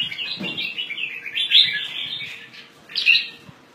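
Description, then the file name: Red-whiskered bulbul giving a lively run of chattering, warbled notes, then a short bright phrase near the end; faint low hum underneath. "Pycnonotus jocosus"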